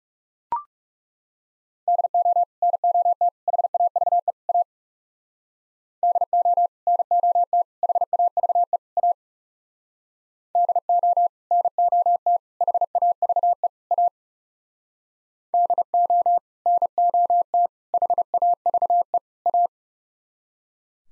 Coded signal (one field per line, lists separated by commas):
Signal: Morse code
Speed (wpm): 36 wpm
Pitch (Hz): 700 Hz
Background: none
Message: DO NOT HAVE A DO NOT HAVE A DO NOT HAVE A DO NOT HAVE A